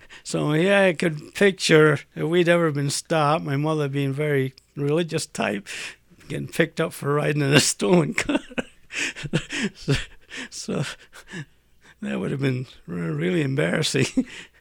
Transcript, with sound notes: So here I could picture if we'd ever been stopped, my mother being a very religious type, getting picked up for riding in a stolen car. ( he laughs ) So that would have been really embarrassing.